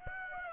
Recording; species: mosquito wingbeat signal from an infrared sensor; Aedes aegypti